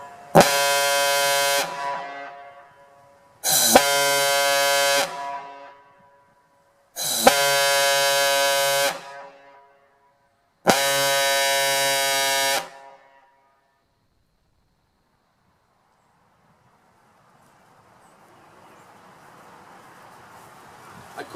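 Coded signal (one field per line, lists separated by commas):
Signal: alarm pattern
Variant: Gamewell diaphone fire horn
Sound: four long, loud, buzzy low horn blasts with short gaps, then faint background noise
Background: outdoor ambient noise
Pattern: 4 long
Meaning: Test blasts of a firehouse alarm horn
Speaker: this morning we're gonna test my game well daya phone horn commonly known as a fire horn these horns were used on tops of fire houses starting about 1920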